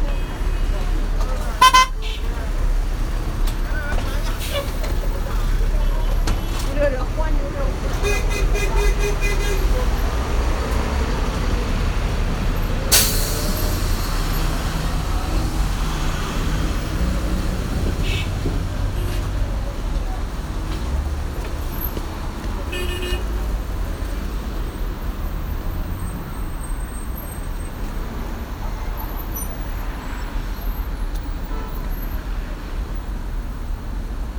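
A field recording from a visit to the sound piece 'Window Pain' at the Tattoo Parlour space in Beijing. A steady low rumble of traffic runs throughout, with a horn toot and voices early on. Brief sharp clicks and bursts punctuate it, loudest near thirteen seconds.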